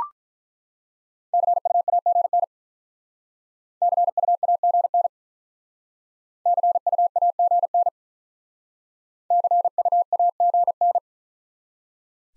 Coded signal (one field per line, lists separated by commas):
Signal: Morse code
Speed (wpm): 43 wpm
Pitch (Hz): 700 Hz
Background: none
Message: CUAGN CUAGN CUAGN CUAGN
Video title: Top 20 QSO Elements - Speed-Racing - 35wpm